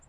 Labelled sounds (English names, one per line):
Lucy's Warbler flight call